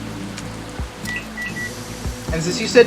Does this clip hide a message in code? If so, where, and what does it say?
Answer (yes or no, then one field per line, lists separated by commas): no